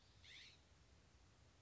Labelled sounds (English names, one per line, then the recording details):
California Scrub-Jay
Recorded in Sonoma County, California